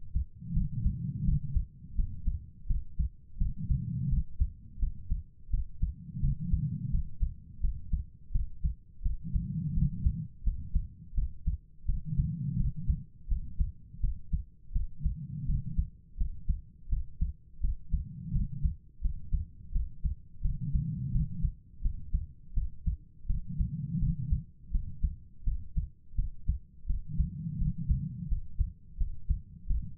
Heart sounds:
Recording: heart sounds by stethoscope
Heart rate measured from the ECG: 84 bpm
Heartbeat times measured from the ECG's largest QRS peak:
0.52 s: heartbeat
1.23 s: heartbeat
1.94 s: heartbeat
2.66 s: heartbeat
3.37 s: heartbeat
4.08 s: heartbeat
4.78 s: heartbeat
5.49 s: heartbeat
6.19 s: heartbeat
6.89 s: heartbeat
7.60 s: heartbeat
8.31 s: heartbeat
9.01 s: heartbeat
9.72 s: heartbeat
10.42 s: heartbeat
11.13 s: heartbeat
11.85 s: heartbeat
12.55 s: heartbeat
13.27 s: heartbeat
13.99 s: heartbeat
14.71 s: heartbeat
15.45 s: heartbeat
16.16 s: heartbeat
16.88 s: heartbeat
17.60 s: heartbeat
18.31 s: heartbeat
19.00 s: heartbeat
19.71 s: heartbeat
20.40 s: heartbeat
21.10 s: heartbeat
21.81 s: heartbeat
22.53 s: heartbeat
23.25 s: heartbeat
23.98 s: heartbeat
24.70 s: heartbeat
25.43 s: heartbeat
26.14 s: heartbeat
26.85 s: heartbeat
27.57 s: heartbeat
28.27 s: heartbeat
28.96 s: heartbeat
29.66 s: heartbeat
From the record:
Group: healthy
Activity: cold pressor test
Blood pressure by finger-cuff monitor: 133/77 mmHg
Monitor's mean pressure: 96 mmHg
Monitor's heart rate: 84 bpm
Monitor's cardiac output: 7.3 L/min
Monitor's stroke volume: 86 mL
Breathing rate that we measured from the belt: 20 breaths a minute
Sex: female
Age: 32 years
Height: 172 cm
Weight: 71.7 kg

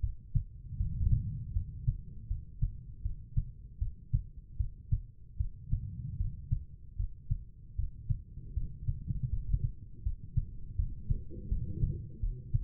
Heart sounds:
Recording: heart sounds by stethoscope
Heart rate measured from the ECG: 79 bpm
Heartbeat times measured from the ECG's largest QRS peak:
0.76 s: heartbeat
1.52 s: heartbeat
2.27 s: heartbeat
3.01 s: heartbeat
3.78 s: heartbeat
4.56 s: heartbeat
5.36 s: heartbeat
6.16 s: heartbeat
6.95 s: heartbeat
7.75 s: heartbeat
8.53 s: heartbeat
9.29 s: heartbeat
10.02 s: heartbeat
10.75 s: heartbeat
11.48 s: heartbeat
12.19 s: heartbeat
From the record:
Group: healthy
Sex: female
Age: 43 years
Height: 160 cm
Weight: 90 kg

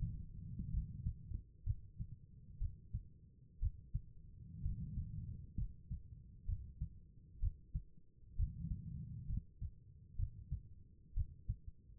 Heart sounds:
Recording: heart sounds by stethoscope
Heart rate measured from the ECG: 63 bpm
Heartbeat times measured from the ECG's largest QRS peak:
0.70 s: heartbeat
1.64 s: heartbeat
2.58 s: heartbeat
3.59 s: heartbeat
4.62 s: heartbeat
5.55 s: heartbeat
6.46 s: heartbeat
7.40 s: heartbeat
8.36 s: heartbeat
9.26 s: heartbeat
10.16 s: heartbeat
11.14 s: heartbeat
From the record:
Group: healthy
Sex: female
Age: 36 years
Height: 163 cm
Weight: 88 kg

